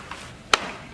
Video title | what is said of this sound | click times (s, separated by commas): Graco® Dream Suite™ Bassinet Assembly | squeeze in and press the top red button until you hear it click | 0.5 s